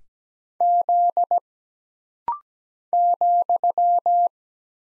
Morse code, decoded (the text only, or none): Z ,